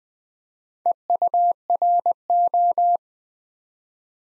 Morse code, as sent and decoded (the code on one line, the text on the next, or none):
. ..- .-. ---
EURO